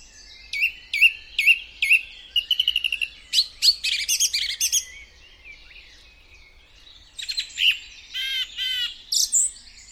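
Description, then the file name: Song thrush song: bright, high phrases of sharp chirps and rapid stuttering notes, a silent pause, then a new set of ringing, varied notes. "song thrush singing"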